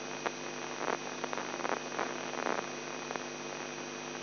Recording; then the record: brain microelectrode recording played as sound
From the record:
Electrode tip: inside the subthalamic nucleus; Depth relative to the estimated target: 0 mm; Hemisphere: left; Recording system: AlphaMap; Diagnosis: Parkinson's disease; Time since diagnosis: 11 years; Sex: male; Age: 42 years